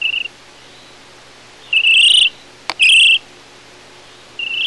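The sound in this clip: Flamingo purring calls: two nasal, buzzy notes in the middle with partial calls at the start and end, and a sharp click between them.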